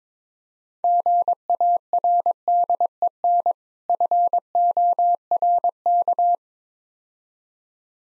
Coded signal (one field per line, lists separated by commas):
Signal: Morse code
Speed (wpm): 22 wpm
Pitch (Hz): 700 Hz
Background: none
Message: GARDEN FORK